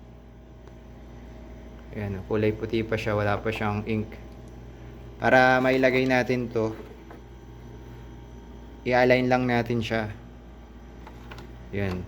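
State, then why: Not seated. Someone talks while handling a new, still-white maintenance box with no ink in it yet, lining it up to be pushed into an Epson L5590 inkjet printer. A few faint handling taps sound over a steady low hum between the stretches of talk. The box has not seated or clicked yet.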